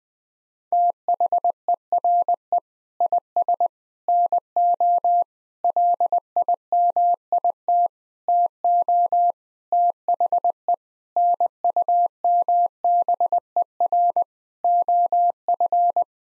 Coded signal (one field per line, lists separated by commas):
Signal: Morse code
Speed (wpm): 20 wpm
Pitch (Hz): 700 Hz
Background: none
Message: THERE IS NO LIMIT TO THE NUMBER OF